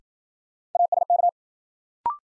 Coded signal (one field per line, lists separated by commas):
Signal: Morse code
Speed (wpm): 54 wpm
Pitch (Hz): 700 Hz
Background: none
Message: ASK